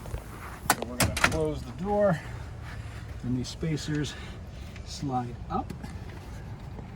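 Plastic window spacers are handled on the top window of a closed storm door, with a sharp knock around 0.7 s and light handling noise while someone talks. The spacers are being slid up behind the glass, but nothing has seated or clicked yet.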